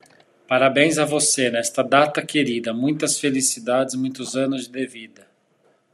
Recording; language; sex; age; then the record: short text; Brazilian Portuguese; male; 40 to 49 years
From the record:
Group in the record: control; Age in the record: 40 years